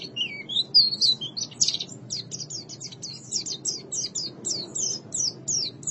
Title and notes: Kicauan Burung Pleci Durasi Panjang. Suara kicauan burung pleci